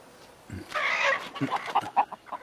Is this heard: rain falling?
no